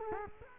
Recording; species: mosquito wingbeat signal from an infrared sensor; Culex quinquefasciatus